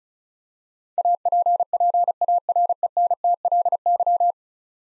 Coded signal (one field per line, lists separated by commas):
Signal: Morse code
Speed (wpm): 36 wpm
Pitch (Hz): 700 Hz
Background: none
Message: APPARENTLY